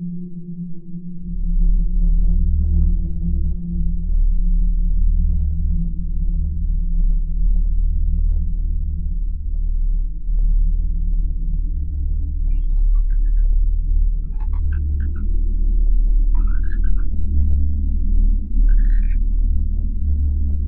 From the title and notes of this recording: Alien planet | Exoplanet Ambience.